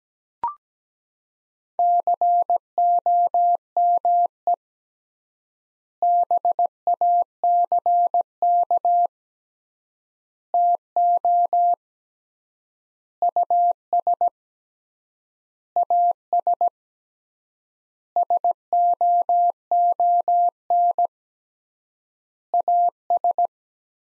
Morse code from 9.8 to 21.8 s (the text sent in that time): TO US AS SOON